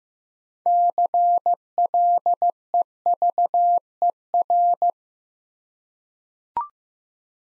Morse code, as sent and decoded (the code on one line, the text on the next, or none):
-.-. .-.. . ...- . .-.
CLEVER